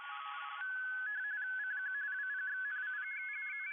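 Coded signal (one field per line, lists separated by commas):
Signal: RTTY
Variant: 45 baud, 170 Hz shift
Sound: rapid warbling two-tone chatter, with steady background tones and hiss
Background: radio static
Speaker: as you can see 20 meters is pretty full with the rtty activity going on so this seems like a good time to take a look at some of the ready functions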